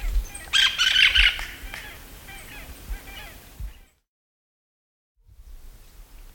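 Hispaniolan parakeet screeching loudly and raucously in the first seconds, a few quieter calls following, then a brief gap of silence.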